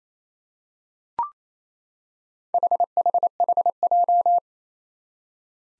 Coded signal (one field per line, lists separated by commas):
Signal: Morse code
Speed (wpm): 27 wpm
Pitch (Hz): 700 Hz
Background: none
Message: HHHJ